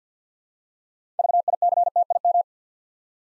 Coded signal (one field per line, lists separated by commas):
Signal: Morse code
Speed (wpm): 48 wpm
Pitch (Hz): 700 Hz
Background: none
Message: VICTIM